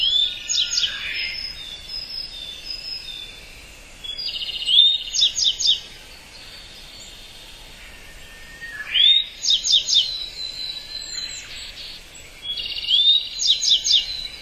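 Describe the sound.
Gray bunting song phrases, each a swept whistle leading into a burst of high rapid notes, repeated roughly every four seconds over steady background noise.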